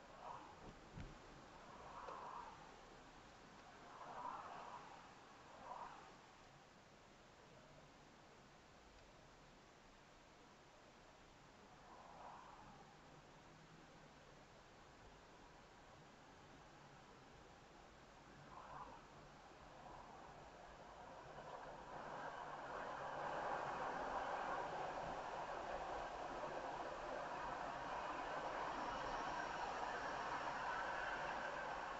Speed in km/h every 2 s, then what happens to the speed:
31, 27, 19, 19, 23, 23, 27, 31, 34, 39, 39, 42, 47, 47, 47, 48.
0-4 slows to 19. 6-24 speeds up to 47. 24-32 steady at about 47.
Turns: none.